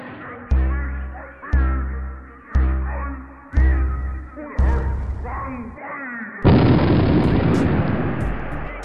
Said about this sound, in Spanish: La explosión mató a cientos de prisioneros de guerra, la mayoría de ellos soldados del Ejército Rojo.